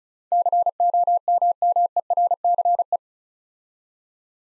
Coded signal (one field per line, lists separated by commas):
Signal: Morse code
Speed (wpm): 36 wpm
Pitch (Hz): 700 Hz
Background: none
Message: COMMERCE